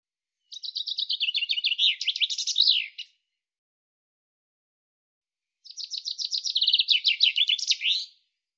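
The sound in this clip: Common chaffinch giving two near-identical song phrases about five seconds apart, each a rattling descending series of high notes closed by a terminal flourish; nothing else audible.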